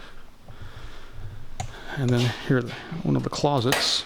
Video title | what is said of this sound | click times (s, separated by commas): Mooresville Garage Project | close with a nice solid click and then | 1.6 s